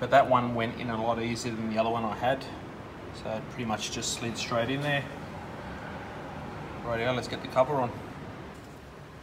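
On a Ford Focus RS during a Mountune install, the plastic cover of the cold air intake box is being handled for fitting onto the intake housing while a man talks throughout. Nothing has seated or clicked yet by the end of the clip.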